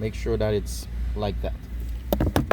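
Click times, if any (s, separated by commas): 2.4 s, 2.5 s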